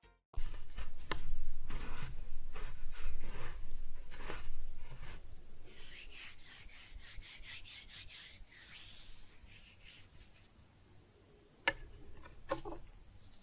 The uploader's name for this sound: ASMR Kinetic Sand Cutting and Scooping Sounds